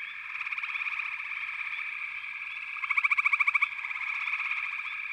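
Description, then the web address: Frog chorus: a dense, steady wash of rapid pulsed trills, with one louder, fast-pulsing call rising above the rest for under a second midway. "Echoes of Nature - Frog Chorus"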